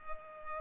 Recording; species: mosquito wingbeat signal from an infrared sensor; Culex pipiens